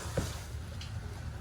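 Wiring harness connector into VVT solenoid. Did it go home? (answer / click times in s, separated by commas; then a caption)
no / none. A wiring harness connector is being handled and plugged back onto the newly installed VVT solenoid (oil control valve) on the engine of a 2017 Hyundai Elantra, replaced to fix a P0017 code. A low steady rumble runs throughout, with brief soft handling sounds near 0.2 s and 0.8 s. Nothing has seated or clicked yet.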